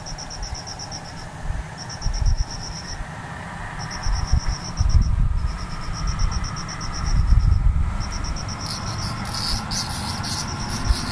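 Insects chirp in quick, even pulses at a high pitch, in bursts of about a second with short gaps between them. A low, steady rumble like passing traffic runs underneath, swelling around the middle. Brighter, denser chirping joins near the end.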